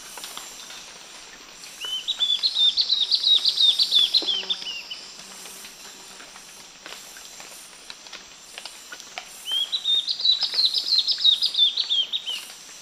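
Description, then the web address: Spot-backed antbird singing two bursts of quick, high, repeated notes that rise then fall away, each lasting about three seconds, over faint background noise. Várzea forest in the eastern lowlands of South America. "Natures Songs S America Eastern Lowlands. Hylophylax naevius, varzea, song"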